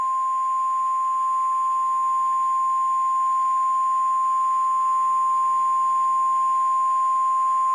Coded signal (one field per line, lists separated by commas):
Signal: Emergency Alert System (SAME) tones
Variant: 1050 Hz attention tone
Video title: Tornado Warning EAS warning